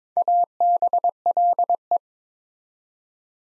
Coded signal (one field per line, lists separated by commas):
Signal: Morse code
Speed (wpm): 27 wpm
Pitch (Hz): 700 Hz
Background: none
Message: ABLE